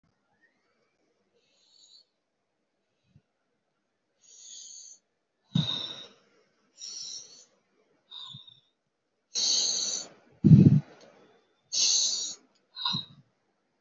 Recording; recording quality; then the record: deep breathing; excellent, no background noise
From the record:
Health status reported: healthy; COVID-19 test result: negative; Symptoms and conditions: cough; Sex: female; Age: 44 years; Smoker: not ticked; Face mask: not worn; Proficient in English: yes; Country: India